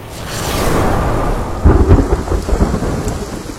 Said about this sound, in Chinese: 咒令尚未行完，一道闪电突然从天顶快速拖过，紧接着轰隆一声巨响，天幕如同拉开了一大道口子， 瓢泼大雨倾缸而下。